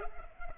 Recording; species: mosquito wingbeat signal from an infrared sensor; Culex pipiens